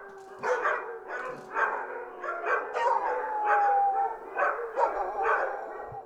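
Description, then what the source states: Several dogs barking in bursts roughly every second, one voice drawing out a thin whining note in the middle. Many dogs barking together.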